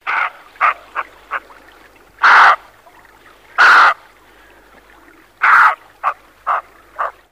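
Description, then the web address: Roe deer giving hoarse barking calls, several short harsh barks mixed with three longer, louder rasping calls spaced throughout. "Cianton Bambini Animali Capriolo Verso"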